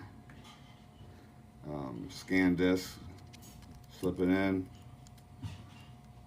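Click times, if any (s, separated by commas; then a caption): 5.1 s. Someone talks while a microSD memory card is slid into the card slot on the plastic body of an AKASO Brave 4 4K action camera. A few faint taps sound between the words, and the card is pushed in until it clicks and latches at 5.1 s, seated.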